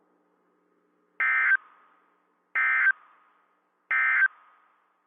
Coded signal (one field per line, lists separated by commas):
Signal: Emergency Alert System (SAME) tones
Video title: EAS 1676-1685 (4/13/22)